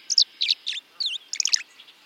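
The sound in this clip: Tree Swallow calls, a few bright chirps, a slurred note, then a burbled cluster.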